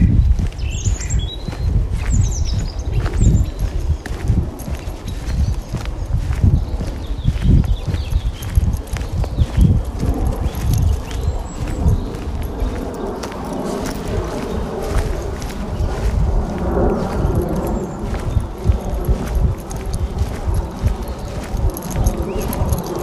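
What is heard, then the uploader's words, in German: A walk in the woods with a dog: footsteps crunch and thud steadily throughout, dense and fairly regular, with low rustling underneath. A few short bird chirps sound in the first few seconds, and a faint murmur of voices appears around the middle. Abends mit dem Hund raus. Eine Stunde Spaziergang im Wald mit Hund. Viele Vögel, ein paar andere Spaziergänger*innen, keine anderen Hunde.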